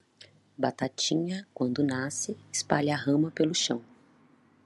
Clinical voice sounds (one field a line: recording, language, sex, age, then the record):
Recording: short text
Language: Brazilian Portuguese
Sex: female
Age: 30 to 39 years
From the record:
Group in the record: control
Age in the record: 35 years